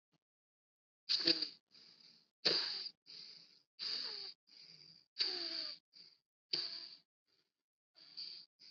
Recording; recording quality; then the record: shallow breathing; poor, much background noise or distortion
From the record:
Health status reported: COVID-19 positive, mild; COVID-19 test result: positive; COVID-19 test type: RT-PCR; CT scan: not taken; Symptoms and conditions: cold, fever, fatigue, muscle pain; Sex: female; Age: 30 years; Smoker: no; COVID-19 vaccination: both doses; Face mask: not worn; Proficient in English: yes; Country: India